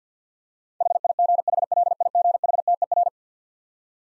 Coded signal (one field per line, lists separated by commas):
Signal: Morse code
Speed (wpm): 50 wpm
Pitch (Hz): 700 Hz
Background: none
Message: HIGHLIGHTER